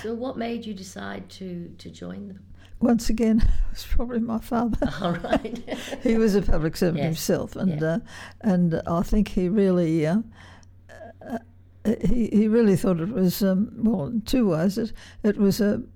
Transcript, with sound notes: So what made you decide to join the…?
Once again, it was probably my father [laughs]
Oh right [laughs]
He was a public servant himself and I think he really — he really thought it was — well, in two ways — it was a